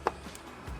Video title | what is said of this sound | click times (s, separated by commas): Tutoriel - Pose de porte de garage sectionnelle | Je pousse et lorsque je retire un petit peu, j'entends bien mon clic. | 0.1 s